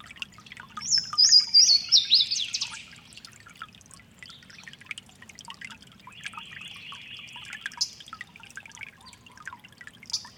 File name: LAna Waterthrush Giant City Creek March 29 th